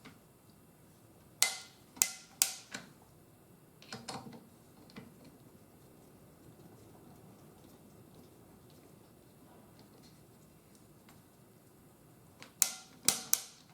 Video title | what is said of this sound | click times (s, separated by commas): Cantilever Scope Mount vs Rings Step By Step Install | now what you want to do is you want to turn them until they click three times | 1.4 s, 2.0 s, 2.4 s, 12.6 s, 13.1 s, 13.3 s